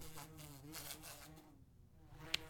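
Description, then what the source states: Wasp buzzing, a steady droning hum that wavers in pitch as it rises and falls, dipping quieter briefly before a single sharp click near the end. Wasp buzzing around.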